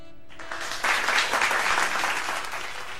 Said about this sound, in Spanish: Ahí van esos aplausos, porque es que el conversatorio Preservación, Retos y Compromisos se efectuó en el Archivo Audiovisual de Venezuela